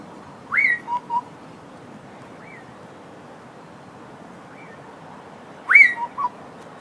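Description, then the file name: Southern boubou giving a ringing whistled note then two short lower notes, twice about five seconds apart, with two faint softer whistles between over light background noise. "Southern Boubou call (Laniarius ferrugineus)"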